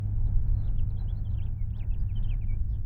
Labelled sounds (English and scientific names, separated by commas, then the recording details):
House Finch (Haemorhous mexicanus) song
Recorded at Oak Beach on Long Island, New York, on 21 May 1975
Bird B